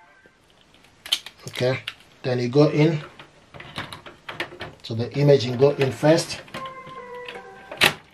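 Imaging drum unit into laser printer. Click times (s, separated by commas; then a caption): 7.3 s. Someone talks while a plastic imaging drum unit is pushed first into the cavity of an HP LaserJet Pro M102W laser printer. A click is heard at about 7.3 s as the drum seats into place, followed by a brief sharp rustle shortly after.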